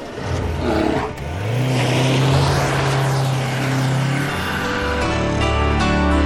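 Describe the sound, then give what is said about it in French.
A car engine roars and revs up as the vehicle pulls away, settling into a loud, steady droning rumble with a whining pitch that sweeps across the sound, with no voices. “À la voiture, vite!”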